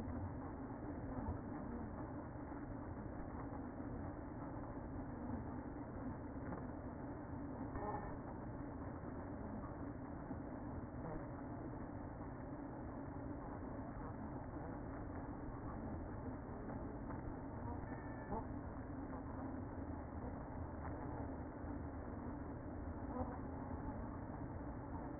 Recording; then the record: honeybee colony, microphone inside the hive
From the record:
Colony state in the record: queen present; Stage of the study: after two queens were removed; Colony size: about 60,000 bees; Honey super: yes